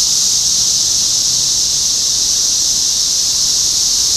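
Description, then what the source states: Many cicadas make a sustained, high, rasping buzz that never breaks, with a soft low hum underneath. Recorded in Topeka, Kansas, on 14 June 2015.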